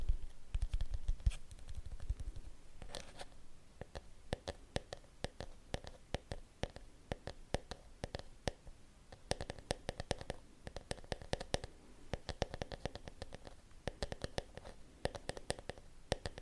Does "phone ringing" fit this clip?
no